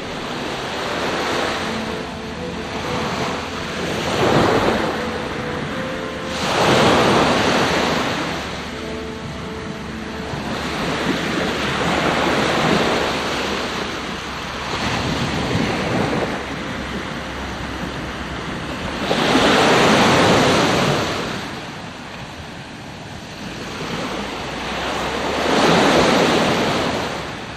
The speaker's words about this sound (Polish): Jeszcze chwila morza. No, nie Sopockiego, ale to jest też Bałtyk. Zimne, północne morze.